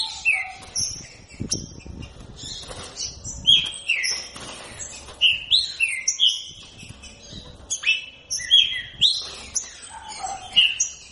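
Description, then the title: Green-winged saltator giving a run of strong whistled notes, many falling and some rising, arranged in repeated phrases throughout amid soft low rustling. Captive-bred bird from a breeding aviary; song style labelled voice 07. "Canto De Trinca Ferro Voz 07"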